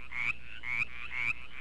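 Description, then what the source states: Mountain Chorus Frog giving raspy, grating trills, each slightly rising, three of them spaced about half a second apart, over a low steady hum. Call a short, harsh, rasping trill repeated about twice per second.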